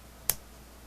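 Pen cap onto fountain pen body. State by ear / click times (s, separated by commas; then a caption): seated / 0.3 s. A fountain pen cap, a Lamy 2000, is pushed onto the pen body, and its two steel knobs lock it in with a single short, sharp snap at 0.3 s. The cap seats in place, and the rest of the clip is quiet.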